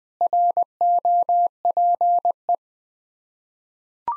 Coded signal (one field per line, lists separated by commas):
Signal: Morse code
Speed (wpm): 20 wpm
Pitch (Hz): 700 Hz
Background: none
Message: ROPE